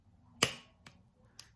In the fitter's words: you can hear that click so